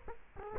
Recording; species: mosquito wingbeat signal from an infrared sensor; Culex quinquefasciatus